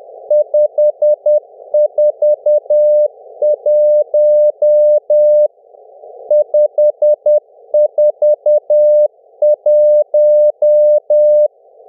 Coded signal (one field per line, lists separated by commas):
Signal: Morse code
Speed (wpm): 10 wpm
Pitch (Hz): 600 Hz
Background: music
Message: 541 541